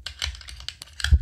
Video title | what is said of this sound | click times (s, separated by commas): Alias System by NeoMag Review | and it just clicks right into place and that's how and that's how it's carrying so you don't have any | 0.1 s